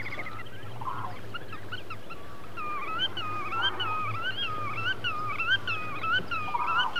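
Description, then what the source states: Godwit song: a few scattered calls, then a regular series of lilting whistled phrases, about one every 0.6 seconds, over a low hum. Wader whose song sounds like 'veretyen, veretyen', the origin of its Russian name; central Russia.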